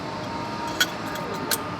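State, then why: Seated. A 6 in hole saw is pushed onto a one-size-fits-all quick-change arbor, or mandrel, that holds it with a ball-bearing system, over a steady low background hum. It clicks sharply into place at 0.8 s, and a second, shorter click follows at 1.5 s. The hole saw is seated on the mandrel.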